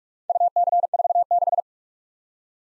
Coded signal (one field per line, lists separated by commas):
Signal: Morse code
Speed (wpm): 47 wpm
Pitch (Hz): 700 Hz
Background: none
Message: UC46